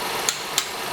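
A torque wrench set to 94 foot-pounds tightens a wheel lug nut on a 2019 Honda Pilot during its 75k service tire rotation, with steady background noise throughout. A brief sharp tick sounds at 0.3 s, then the wrench gives its louder click at 0.6 s, confirming the lug nut has reached 94 ft-lb.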